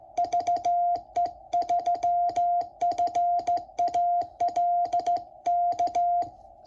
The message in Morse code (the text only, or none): VE3FAL K